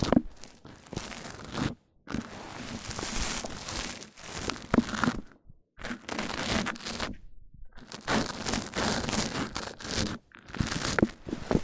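Mic-on-mic triggers: dense crinkling, rustling scratches that fill the sound from low thumps up to bright hiss, arriving in bursts of a second or two. Short silent gaps break the sound near 2, 5.5, 7 and 10.5 seconds.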